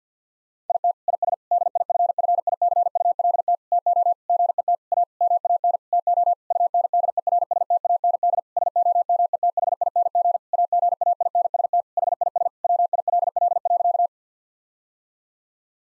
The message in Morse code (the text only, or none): IT IS DIFFICULT TO GET A MAN TO UNDERSTAND SOMETHING AGAINST HIS WILL.